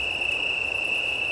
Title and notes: 18 septembre 2019-20h35-Plateau de Lesches en Diois - Drôme - un chorus de Grillons italiens (Oecanthus pellucens)